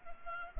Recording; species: mosquito wingbeat signal from an infrared sensor; Culex pipiens